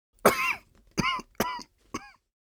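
An adult man coughing: four separate cough bursts in quick succession.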